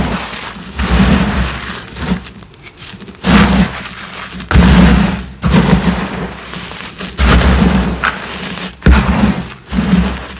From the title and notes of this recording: ASMR 4-in-1 Crushing Sounds of Dyed Cubes, Chalk Bombs, Cornstarch Crunchies, Confetti Reforms.